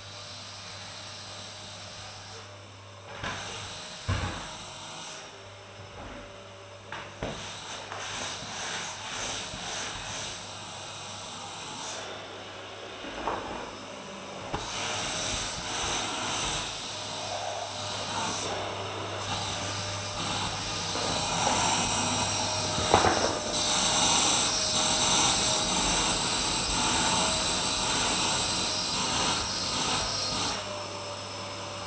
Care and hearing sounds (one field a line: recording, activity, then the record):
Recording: daily activity, microphone in the room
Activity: vacuum cleaning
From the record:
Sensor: 2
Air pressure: 999.1 hPa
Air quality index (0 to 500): 202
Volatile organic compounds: 31 ppm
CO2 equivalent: 2983 ppm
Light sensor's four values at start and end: 6/15/6/6 and 6/14/6/6